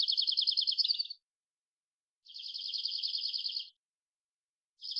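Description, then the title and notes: Dark-eyed junco song: rapid musical trills of evenly spaced notes, each lasting about one to one and a half seconds, repeated with short silent gaps, no other sounds. Collected song variations and trills, isolated, recorded in the Pacific Northwest, Washington, United States. "Dark-eyed Junco, Junco hyemalis, collected song variations, trills, isolated Recorded in the beautiful Pacific Northwest, Washington, United States"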